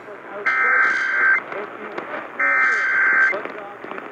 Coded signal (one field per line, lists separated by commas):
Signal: Emergency Alert System (SAME) tones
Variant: header bursts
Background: speech